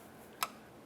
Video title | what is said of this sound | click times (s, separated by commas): How to Replace Radiator Cooling Fans 2010-2013 Ford Transit Connect | press it in listen for a click once you've done that follow the wiring you | 0.4 s